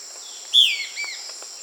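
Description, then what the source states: Euler's flycatcher calling with a sharp descending whistle followed by a softer falling note, with a continuous shrill insect hum behind. South America.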